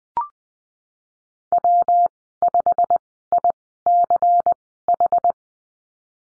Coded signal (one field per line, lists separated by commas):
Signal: Morse code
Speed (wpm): 20 wpm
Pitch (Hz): 700 Hz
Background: none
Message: W 5 I C H